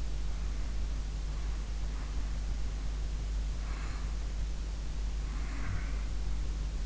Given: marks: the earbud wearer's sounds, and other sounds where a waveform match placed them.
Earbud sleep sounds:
sounds in sleep by an in-ear microphone; breath
0.33-1.69 s: breath
1.98-3.05 s: breath
3.60-4.25 s: breath
5.22-6.35 s: breath

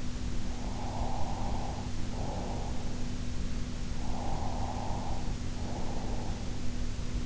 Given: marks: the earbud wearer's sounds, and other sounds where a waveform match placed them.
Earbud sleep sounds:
sounds in sleep by an in-ear microphone; breath
0.58-2.74 s: breath
3.99-6.46 s: breath

